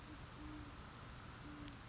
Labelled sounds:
Great Horned Owl (Bubo virginianus)
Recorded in Sonoma County, California

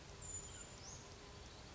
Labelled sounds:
Brown Creeper (Certhia americana)
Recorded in Sonoma County, California

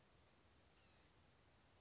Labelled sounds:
Blue-gray Gnatcatcher (Polioptila caerulea)
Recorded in Sonoma County, California

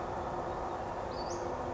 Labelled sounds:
Western Flycatcher (Empidonax difficilis)
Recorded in Sonoma County, California

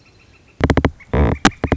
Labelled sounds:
Northern Flicker (Colaptes auratus)
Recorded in Sonoma County, California

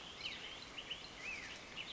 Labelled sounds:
Black-headed Grosbeak (Pheucticus melanocephalus)
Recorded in Sonoma County, California

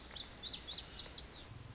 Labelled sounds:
Lazuli Bunting (Passerina amoena)
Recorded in Sonoma County, California

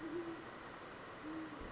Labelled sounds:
Great Horned Owl (Bubo virginianus)
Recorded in Sonoma County, California

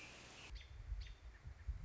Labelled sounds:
American Robin (Turdus migratorius)
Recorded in Sonoma County, California

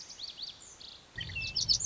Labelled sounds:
Lazuli Bunting (Passerina amoena)
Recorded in Sonoma County, California

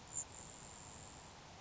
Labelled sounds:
Grasshopper Sparrow (Ammodramus savannarum)
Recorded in Sonoma County, California

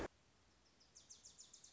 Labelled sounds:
Wilson's Warbler (Cardellina pusilla)
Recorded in Sonoma County, California

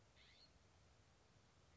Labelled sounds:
California Scrub-Jay (Aphelocoma californica)
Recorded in Sonoma County, California

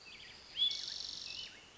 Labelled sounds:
Spotted Towhee (Pipilo maculatus)
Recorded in Sonoma County, California

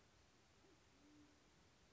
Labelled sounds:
Band-tailed Pigeon (Patagioenas fasciata)
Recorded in Sonoma County, California

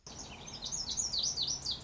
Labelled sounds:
Lazuli Bunting (Passerina amoena)
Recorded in Sonoma County, California

